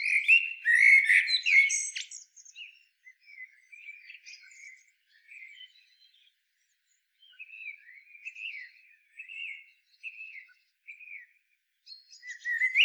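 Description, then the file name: Common blackbird opening with a loud warbled phrase and scratchy high twittering, then a run of softer, short fluty notes, and another loud phrase at the end. "Turdus merula"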